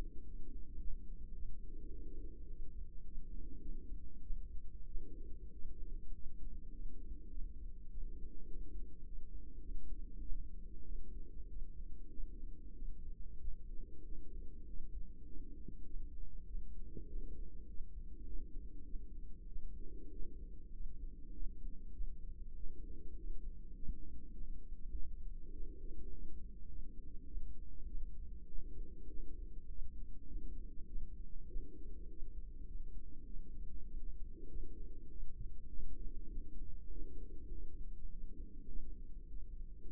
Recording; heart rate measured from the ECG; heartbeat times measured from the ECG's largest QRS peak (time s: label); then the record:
heart sounds by microphone in the right ear; 100 bpm
0.25 s: heartbeat
0.79 s: heartbeat
1.34 s: heartbeat
1.91 s: heartbeat
2.48 s: heartbeat
3.03 s: heartbeat
3.60 s: heartbeat
4.22 s: heartbeat
4.86 s: heartbeat
5.51 s: heartbeat
6.12 s: heartbeat
6.71 s: heartbeat
7.30 s: heartbeat
7.89 s: heartbeat
8.47 s: heartbeat
9.04 s: heartbeat
9.60 s: heartbeat
10.21 s: heartbeat
10.84 s: heartbeat
11.47 s: heartbeat
12.09 s: heartbeat
12.73 s: heartbeat
13.39 s: heartbeat
14.03 s: heartbeat
14.65 s: heartbeat
15.25 s: heartbeat
15.85 s: heartbeat
16.46 s: heartbeat
17.07 s: heartbeat
17.66 s: heartbeat
18.24 s: heartbeat
18.85 s: heartbeat
19.47 s: heartbeat
20.10 s: heartbeat
20.71 s: heartbeat
21.31 s: heartbeat
21.93 s: heartbeat
22.55 s: heartbeat
23.15 s: heartbeat
23.73 s: heartbeat
24.32 s: heartbeat
24.91 s: heartbeat
25.51 s: heartbeat
26.10 s: heartbeat
26.67 s: heartbeat
27.26 s: heartbeat
27.86 s: heartbeat
28.47 s: heartbeat
29.08 s: heartbeat
29.67 s: heartbeat
30.26 s: heartbeat
30.86 s: heartbeat
31.47 s: heartbeat
32.07 s: heartbeat
32.65 s: heartbeat
33.25 s: heartbeat
33.85 s: heartbeat
34.48 s: heartbeat
35.08 s: heartbeat
35.68 s: heartbeat
36.29 s: heartbeat
36.90 s: heartbeat
37.50 s: heartbeat
38.08 s: heartbeat
38.68 s: heartbeat
39.28 s: heartbeat
39.88 s: heartbeat
From the record:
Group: healthy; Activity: rest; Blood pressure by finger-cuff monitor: 138/70 mmHg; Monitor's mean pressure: 92 mmHg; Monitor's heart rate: 101 bpm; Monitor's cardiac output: 9.2 L/min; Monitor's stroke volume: 91 mL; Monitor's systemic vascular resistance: 730 dyn s/cm5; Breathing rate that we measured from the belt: 21 breaths a minute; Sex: female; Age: 24 years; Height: 163 cm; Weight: 55.7 kg